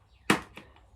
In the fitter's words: Then it clicks into play.